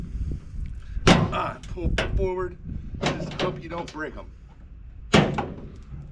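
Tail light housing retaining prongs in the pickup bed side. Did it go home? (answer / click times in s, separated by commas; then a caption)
released / 5.1 s. With the two T15 Torx screws removed, the plastic tail light housing on a 2014-2018 GMC Sierra / Chevy Silverado is pulled rearward so its two clicking retaining prongs pop out of the truck bed side. Someone talks throughout, with a sharp knock at 1.1 s, and a sharp pop at 5.1 s as the prongs release and the tail light comes free.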